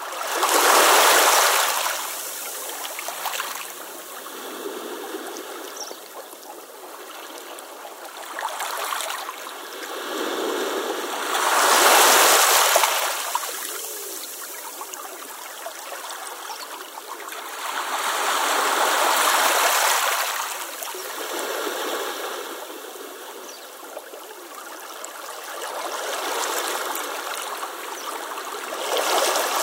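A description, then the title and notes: Small ocean waves lap gently against a stone beach, each one rising in a soft, hissing swell and drawing back over rattling pebbles. The washes come every few seconds, with stronger ones near 1, 12 and 19 seconds, over a constant watery fizz. Ocean waves gently lapping against a stone beach. The peaceful sounds of the water, combined with the natural sounds of the rocks and pebbles, create a soothing ambiance. This episode features only natural soundscapes with no dialogue or voice. Stone Beach Waves.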